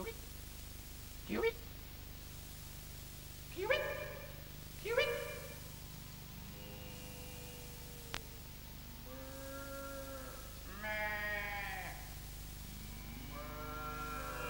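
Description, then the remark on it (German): Livestock bleat over and over: three short, abrupt calls first, then longer wavering bleats that overlap one another above a steady low hum, with one sharp click partway through. “Es blökte doch so nahe.”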